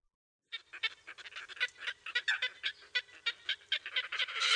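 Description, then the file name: Red-necked grebe chattering in quick, rasping pulses, growing louder and ending in a continuous harsh squeal. "perkozrdzawoszyi"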